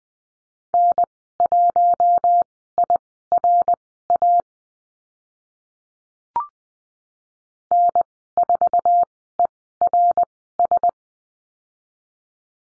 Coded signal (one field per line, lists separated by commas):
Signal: Morse code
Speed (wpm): 20 wpm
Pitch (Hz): 700 Hz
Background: none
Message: N1IRA N4ERS